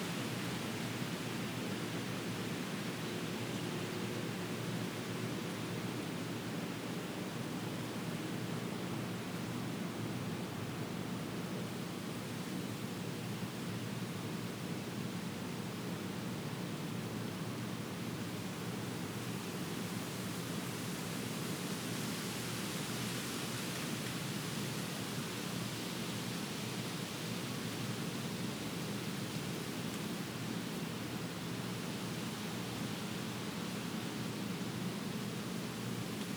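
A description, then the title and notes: Wind rushes through trees in a steady, dense hiss with a low rumble, swelling slightly stronger and brighter around twenty to thirty seconds. Wind in the trees. A warm windy day with occasional gusts happening every five to ten minutes.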